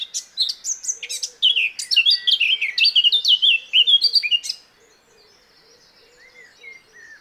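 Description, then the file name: Eurasian blackcap song: varied chattering and whistled notes for about four and a half seconds, then quieter slurred notes and faint low notes. "Sylvia atricapilla"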